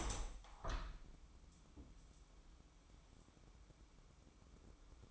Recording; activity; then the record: daily activity, microphone in the room; open window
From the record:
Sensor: 1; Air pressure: 1000.5 hPa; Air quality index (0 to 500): 163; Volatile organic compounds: 3 ppm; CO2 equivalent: 1497 ppm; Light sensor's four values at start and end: 11/26/10/12 and 11/28/11/13